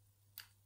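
A vintage all-brass Union lever padlock is picked, and its shackle releases from the lock body. Against a steady low hum, a single sharp click sounds at 0.4 seconds as the shackle springs open. The lock is released.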